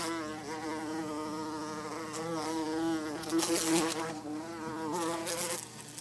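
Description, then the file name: Bumblebee buzzing in a steady, low droning hum with rich overtones and a slightly wavering pitch, broken by brief bursts of higher rustling noise. "Bourdon"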